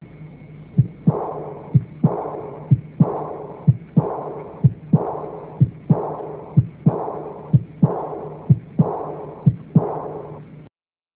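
Adult heart heard through a stethoscope: a regular heartbeat near 62 per minute, with a long rumbling murmur filling the pause after the second sound, a diastolic murmur.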